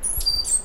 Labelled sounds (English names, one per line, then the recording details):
Stitchbird song
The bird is a male
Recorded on Tiritiri Matangi Island, New Zealand, in 2005
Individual 1, of nest box 1